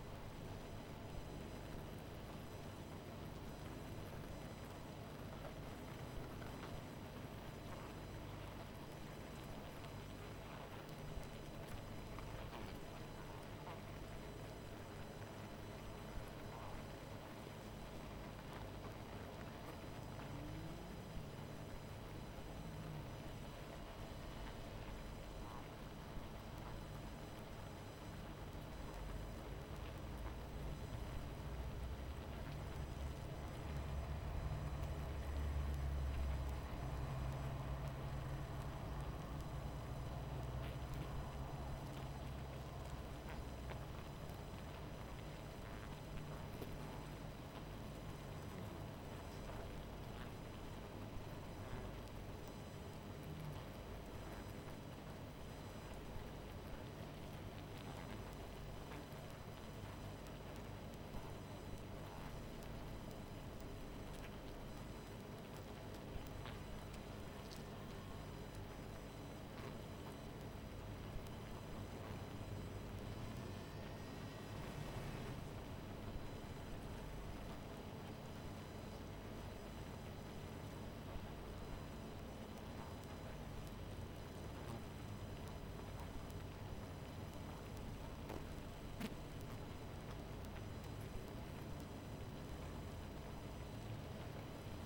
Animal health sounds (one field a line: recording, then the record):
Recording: honeybee colony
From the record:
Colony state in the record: missing queen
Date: 14 July 2017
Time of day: 22:27